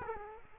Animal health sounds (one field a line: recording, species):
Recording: mosquito wingbeat signal from an infrared sensor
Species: Culex quinquefasciatus